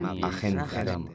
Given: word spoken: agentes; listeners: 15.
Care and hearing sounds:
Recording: one Spanish word in noise, from a listening test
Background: four-talker babble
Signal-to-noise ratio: 0.2 dB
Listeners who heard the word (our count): 2 of 15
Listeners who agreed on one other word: 9 of 15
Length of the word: 0.75 s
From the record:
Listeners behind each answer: 9, 2, 2, 1, 1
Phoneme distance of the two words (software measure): 7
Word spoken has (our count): 3 syllables, 7 phonemes, stress on syllable 2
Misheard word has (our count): 3 syllables, 6 phonemes, stress on syllable 2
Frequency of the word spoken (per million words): 69.42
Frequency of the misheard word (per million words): 37.29

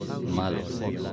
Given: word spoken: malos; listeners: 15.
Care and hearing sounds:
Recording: one Spanish word in noise, from a listening test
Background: eight-talker babble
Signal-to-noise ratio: -0.6 dB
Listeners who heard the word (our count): 5 of 15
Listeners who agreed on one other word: 7 of 15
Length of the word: 0.73 s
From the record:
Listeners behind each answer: 7, 5, 1, 1, 1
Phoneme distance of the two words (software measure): 7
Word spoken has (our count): 2 syllables, 5 phonemes, stress on syllable 1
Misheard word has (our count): 2 syllables, 4 phonemes, stress on syllable 1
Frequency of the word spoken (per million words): 31.22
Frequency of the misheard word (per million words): 41.46

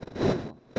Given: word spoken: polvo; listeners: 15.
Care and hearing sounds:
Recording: one Spanish word in noise, from a listening test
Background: noise modulated by one talker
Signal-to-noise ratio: -7.4 dB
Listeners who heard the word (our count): 0 of 15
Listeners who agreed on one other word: 6 of 15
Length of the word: 0.39 s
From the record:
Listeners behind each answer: 6, 2, 1, 1, 1, 1, 1, 1, 1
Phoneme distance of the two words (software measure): 47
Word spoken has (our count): 2 syllables, 5 phonemes, stress on syllable 1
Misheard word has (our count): 2 syllables, 6 phonemes, stress on syllable 1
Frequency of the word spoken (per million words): 43.20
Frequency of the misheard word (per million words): 858.00

